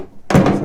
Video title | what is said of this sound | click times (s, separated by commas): Flashforge Guider II Unboxing and Review - Part 1 | so the top goes on like this I believe it's like a snapped in place | 0.3 s